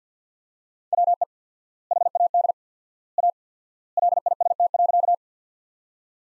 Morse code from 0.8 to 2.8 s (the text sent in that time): WE HAD